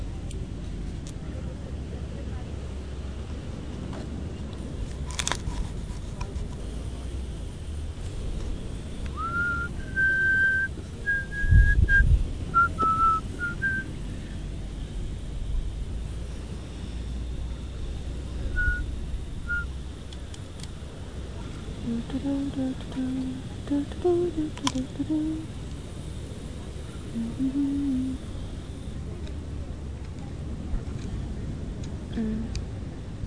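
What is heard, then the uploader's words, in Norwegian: Beach recording with a steady low rumble, brief whistled notes around ten to thirteen seconds, a thump, scattered clicks, and murmuring voices. Opptak fra stranda i Barcelona.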